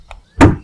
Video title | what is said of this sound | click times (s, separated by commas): SKODA FABIA Exterior Door Handle (MK1 99-07) | then the bottom one keeping the handle shut of course you should hear a clunk | 0.1 s